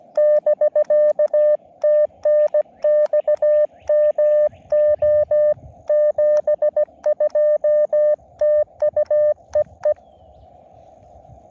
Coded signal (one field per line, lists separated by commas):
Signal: Morse code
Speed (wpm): 17 wpm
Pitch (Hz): 590 Hz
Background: none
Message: <BK> TNX MO 72 TU EE